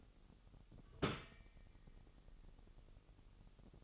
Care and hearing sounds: daily activity, microphone in the room; take from stove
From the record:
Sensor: 4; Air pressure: 989.1 hPa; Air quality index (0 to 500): 210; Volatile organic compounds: 59 ppm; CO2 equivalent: 3404 ppm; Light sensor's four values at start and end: 29/98/36/38 and 29/99/37/38

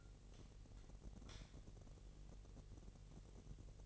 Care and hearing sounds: daily activity, microphone in the room; light on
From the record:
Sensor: 4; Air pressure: 1012.8 hPa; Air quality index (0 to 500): 249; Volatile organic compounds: 4 ppm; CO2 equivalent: 1659 ppm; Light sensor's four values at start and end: 14/32/13/13 and 16/39/16/16

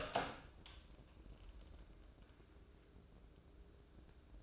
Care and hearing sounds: daily activity, microphone in the room; open door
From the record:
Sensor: 2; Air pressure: 1012.2 hPa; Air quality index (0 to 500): 160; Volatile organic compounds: 2 ppm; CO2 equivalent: 1171 ppm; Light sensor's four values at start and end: 421/1050/428/450 and 418/1043/425/447

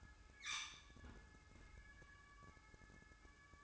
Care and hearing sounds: daily activity, microphone in the room; close fridge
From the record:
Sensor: 2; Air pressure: 1007.6 hPa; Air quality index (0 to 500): 42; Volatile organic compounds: 1 ppm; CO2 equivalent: 547 ppm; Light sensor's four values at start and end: 11/25/11/11 and 11/25/11/11

